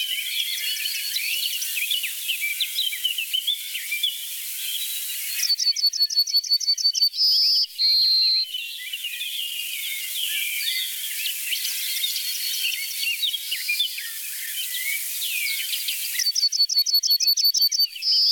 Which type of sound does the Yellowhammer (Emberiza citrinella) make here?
song